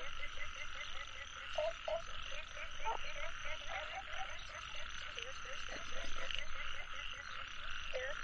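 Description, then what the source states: Frog: repeated short croaks, roughly four per second and irregular, over a steady hum. Nature soundscape.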